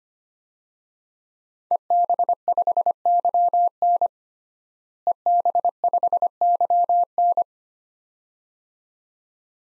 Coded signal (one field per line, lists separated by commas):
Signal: Morse code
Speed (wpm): 25 wpm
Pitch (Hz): 700 Hz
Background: none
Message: EB5YN EB5YN